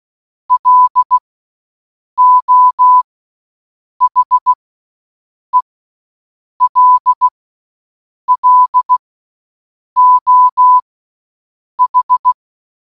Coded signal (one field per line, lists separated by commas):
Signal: Morse code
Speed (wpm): 16 wpm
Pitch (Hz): 1000 Hz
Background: none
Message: LO HELLO H